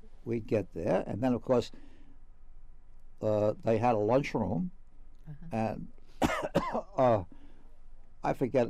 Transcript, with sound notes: we'd get there and then, of course, they had a lunchroom and — [Coughs]
Uh-huh.
I forget.